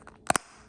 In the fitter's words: there we go there snapped in place